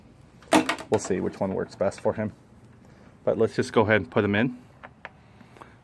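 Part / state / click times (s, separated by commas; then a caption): wire harness plug into scooter electrical connector / seated / 5.0 s. Someone talks while fitting the plug of a new wire harness into an electrical connector on a GY6 scooter during body panel assembly. A small, sharp click is heard at 5.1 s, after brief lighter ticks, as the connector seats and turns into place.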